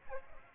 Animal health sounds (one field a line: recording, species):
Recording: mosquito wingbeat signal from an infrared sensor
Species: Aedes aegypti